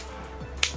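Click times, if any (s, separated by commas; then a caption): 0.6 s. A small tripod for a laser measure has one of its legs opened out. At 0.6 seconds the leg gives a single sharp click as it locks into the tripod hub, seating firmly so the leg won't move. A low steady hum sits underneath.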